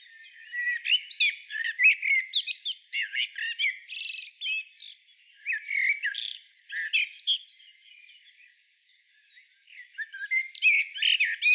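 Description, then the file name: Common blackbird giving strings of chirps and slurs with a harsh, scratchy note near four seconds, a lull, then fresh twittering near the end. "Turdus merula"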